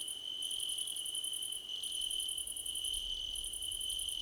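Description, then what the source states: Crickets trilling. Short runs of rapid high pulses start and stop over a continuous ringing note. Several crickets chirping together as a chorus, described as a choir competition.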